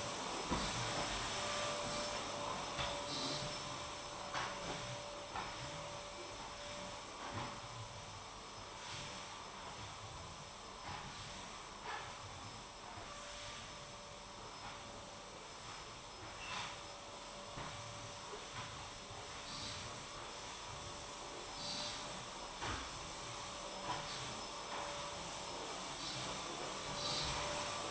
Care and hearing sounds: daily activity, microphone in the room; vacuum cleaning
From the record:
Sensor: 1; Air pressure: 1011.9 hPa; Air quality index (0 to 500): 239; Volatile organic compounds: 6 ppm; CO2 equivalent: 1899 ppm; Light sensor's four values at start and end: 10/25/10/11 and 10/24/10/11

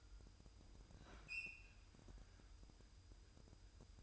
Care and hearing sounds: daily activity, microphone in the room; open fridge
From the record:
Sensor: 2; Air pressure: 988.3 hPa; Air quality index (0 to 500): 191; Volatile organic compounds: 184 ppm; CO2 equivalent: 4158 ppm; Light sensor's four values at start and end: 21/70/27/26 and 21/70/27/26

